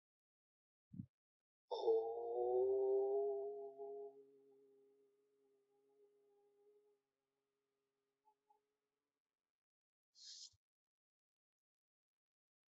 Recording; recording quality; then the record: sustained vowel as in boot; excellent, no background noise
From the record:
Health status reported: COVID-19 positive, moderate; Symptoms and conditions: cough, cold, breathing difficulty, sore throat, fever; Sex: male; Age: 51 years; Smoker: not ticked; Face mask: worn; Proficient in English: yes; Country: India